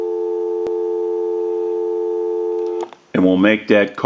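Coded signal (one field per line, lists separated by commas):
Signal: telephone call progress tone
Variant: North America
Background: speech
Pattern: dial tone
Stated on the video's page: Western Electric 2500 desk telephone during checkout and repair.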